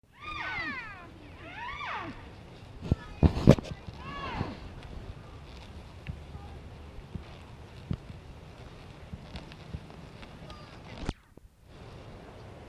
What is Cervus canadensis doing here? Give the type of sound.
call